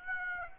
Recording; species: mosquito wingbeat signal from an infrared sensor; Aedes aegypti